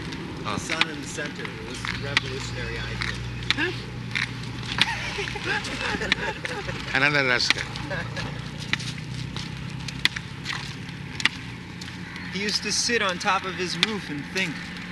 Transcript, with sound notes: the sun in the center. It was a revolutionary idea. [laughter]
Another rascal.
He used to sit on top of his roof and think.